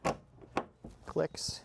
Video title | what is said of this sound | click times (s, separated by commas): Driving a Restored Land Rover Series IIA | push these down until it clicks. | 0.6 s